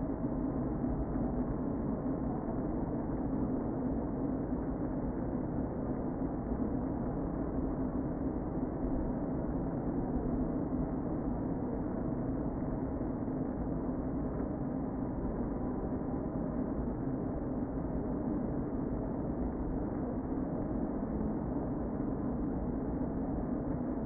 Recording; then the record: honeybee colony, microphone inside the hive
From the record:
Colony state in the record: queen present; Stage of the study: before two queens were removed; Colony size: about 60,000 bees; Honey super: yes